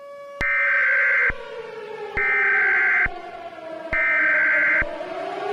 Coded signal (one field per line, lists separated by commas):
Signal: Emergency Alert System (SAME) tones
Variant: header bursts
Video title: Eas Scenario 4: Cookie run kingdom Part 3